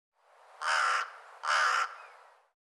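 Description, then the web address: Bird giving two harsh, broad-band caws about a second apart, each lasting under half a second, with a fading echo-like tail after each. "cianscape birddata Deverinetal 2025"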